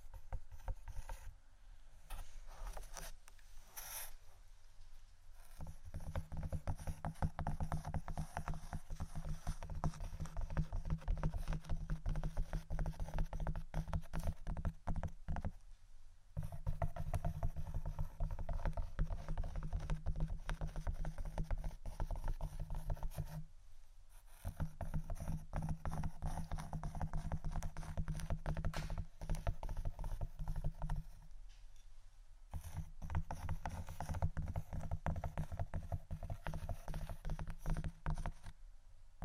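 Wooden items are tapped and scratched in dense, rapid runs, a busy clatter of knocks and rasping strokes with a low, hollow body. The activity comes in long stretches broken by brief pauses near 5, 16, 24 and 32 seconds.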